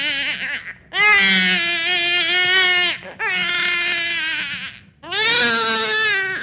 Baby crying.